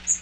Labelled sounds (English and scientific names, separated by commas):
Magnolia Warbler (Setophaga magnolia) flight call